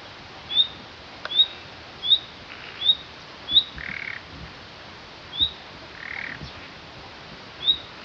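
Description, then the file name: Common nightingale giving a run of sharp upslurred whistles, about one per second at first, then spaced out, broken by two soft, croaky rattles. "Luscinia megarhynchos"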